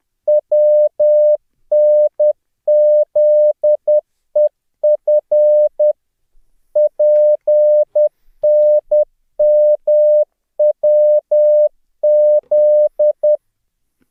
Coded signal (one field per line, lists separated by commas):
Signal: Morse code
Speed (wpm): 10 wpm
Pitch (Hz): 600 Hz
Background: none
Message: WNZEF PNMWZ